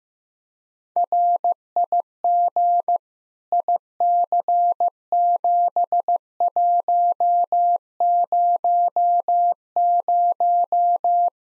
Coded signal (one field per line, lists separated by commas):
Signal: Morse code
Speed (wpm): 15 wpm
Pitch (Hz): 700 Hz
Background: none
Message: RIG IC7100